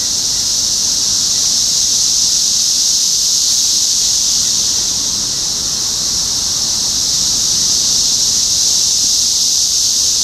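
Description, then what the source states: Many cicadas producing a continuous, hissing high-pitched buzz that stays unbroken from start to finish. Cicadas recorded in Topeka, Kansas, United States, on 14 June 2015.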